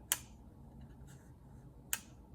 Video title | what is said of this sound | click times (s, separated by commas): Beats Flex Unboxing! | just snaps. Listen to that. | 0.1 s, 1.9 s